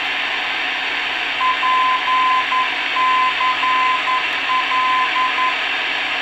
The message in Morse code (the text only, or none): PCL